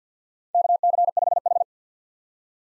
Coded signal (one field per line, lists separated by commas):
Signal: Morse code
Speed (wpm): 50 wpm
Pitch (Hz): 700 Hz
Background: none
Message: KC5H